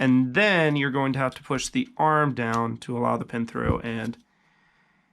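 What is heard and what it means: Someone talks while a trigger pin is being pushed through the metal/plastic frame of a GHK Glock airsoft pistol, with the spring-loaded arm held down to let the pin through. Speech fills the clip until about 4.2 s, then only faint low background noise remains. Nothing has seated or clicked yet.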